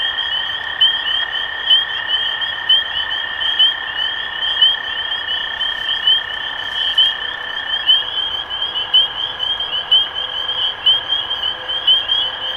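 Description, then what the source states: Spring peeper chorus of shrill rising peeps, a louder one standing out about once a second, over a steady lower tone. Recorded 23 March 2012.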